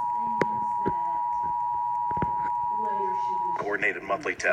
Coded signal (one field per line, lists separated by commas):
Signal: Emergency Alert System (SAME) tones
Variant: 853 and 960 Hz attention tone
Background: speech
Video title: Required Monthly Test EAS #22